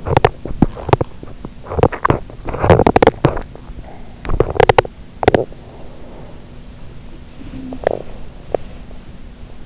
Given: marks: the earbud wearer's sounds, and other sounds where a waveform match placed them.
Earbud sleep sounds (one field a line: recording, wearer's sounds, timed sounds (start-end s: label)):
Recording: sounds in sleep by an in-ear microphone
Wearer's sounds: teeth grinding, swallowing, talking in sleep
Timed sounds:
0.00-3.51 s: teeth grinding
3.51-4.18 s: swallowing
4.18-5.69 s: teeth grinding
7.38-9.14 s: teeth grinding
7.47-8.11 s: talking in sleep